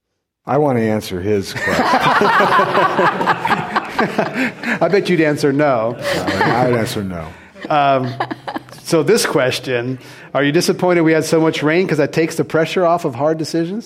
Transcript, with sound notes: I want to answer his question.
[Laughter]
I bet you’d answer no.
I’d answer no.
So this question, are you disappointed we had so much rain because that takes the pressure off of hard decisions?